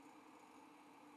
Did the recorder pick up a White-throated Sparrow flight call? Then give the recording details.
no. No flight call is heard. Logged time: 08:06 on 5 December 2014